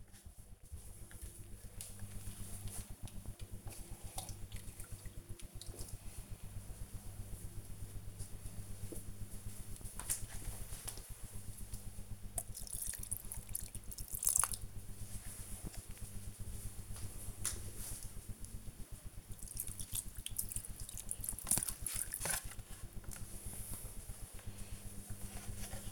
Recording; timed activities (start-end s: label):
household activities, microphone on the right wrist
0.00-22.85 s: watering plant